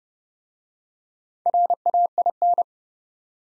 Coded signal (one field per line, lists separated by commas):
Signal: Morse code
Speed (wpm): 30 wpm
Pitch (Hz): 700 Hz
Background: none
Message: RAIN